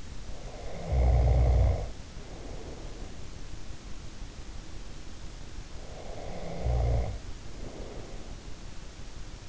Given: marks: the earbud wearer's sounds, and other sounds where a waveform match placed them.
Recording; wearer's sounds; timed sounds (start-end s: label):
sounds in sleep by an in-ear microphone; snoring breath
0.00-3.61 s: snoring breath
5.69-8.70 s: snoring breath